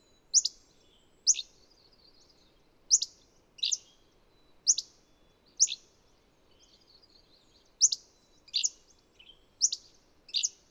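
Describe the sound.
Bird chirping: sharp high notes that drop quickly, repeated at uneven intervals of about one second, some in close pairs, over a faint low hum.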